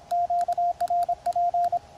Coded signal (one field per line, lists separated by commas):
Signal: Morse code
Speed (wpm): 28 wpm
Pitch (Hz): 660 Hz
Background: radio noise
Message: QRP